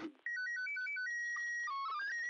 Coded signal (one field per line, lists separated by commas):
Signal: SSTV (slow-scan television)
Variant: PD 120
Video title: SSTV ISS #Expedition63 4/10 Grid Square OI91ik (2)